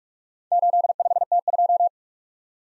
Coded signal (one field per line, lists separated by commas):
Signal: Morse code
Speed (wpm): 44 wpm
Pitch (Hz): 700 Hz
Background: none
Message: 85T2